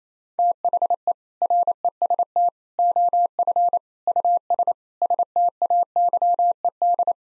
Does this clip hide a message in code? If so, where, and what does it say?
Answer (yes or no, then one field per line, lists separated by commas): yes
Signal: Morse code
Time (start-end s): 0.4-7.1 s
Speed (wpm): 28 wpm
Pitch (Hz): 700 Hz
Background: none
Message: THE REST OF US STAYED